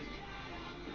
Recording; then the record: background sound without coughing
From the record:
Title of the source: BackgroundMusic